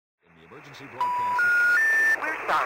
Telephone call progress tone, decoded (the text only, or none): special information tone